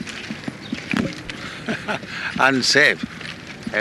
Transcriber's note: laughs